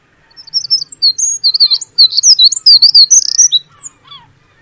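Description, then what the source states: Eurasian wren song: an energetic burst of piercing, fast-changing twitters and rattling trills, very loud and hurried, lasting about three and a half seconds. Astonishingly loud, sustained song for such a small bird; the only wren species in Ireland.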